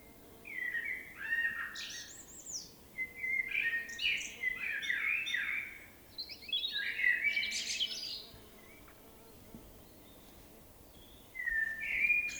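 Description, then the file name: Common blackbird singing several phrases, each a rich whistled warble that breaks into high scratchy twittering, with short gaps between phrases. "Turdus merula"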